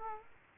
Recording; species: mosquito wingbeat signal from an infrared sensor; Aedes aegypti